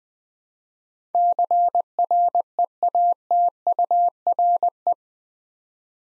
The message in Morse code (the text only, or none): CREATURE